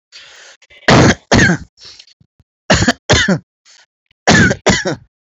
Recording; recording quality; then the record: heavy voluntary cough; excellent, no background noise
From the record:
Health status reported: exposed to COVID-19, no respiratory illness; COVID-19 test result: negative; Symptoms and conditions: none ticked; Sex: male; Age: 32 years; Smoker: not ticked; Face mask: worn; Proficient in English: yes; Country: India